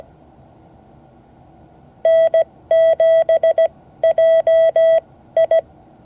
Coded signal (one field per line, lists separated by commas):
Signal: Morse code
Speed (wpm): 17 wpm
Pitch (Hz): 660 Hz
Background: none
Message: N7JI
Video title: Morse code class 2024-08-11 (10 of 12)